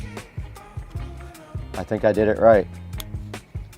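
The second band is pressed firmly into the other lug of a smartwatch case while music plays and someone talks. A sharp click at 3.0 s marks the band snapping into place, and it is seated.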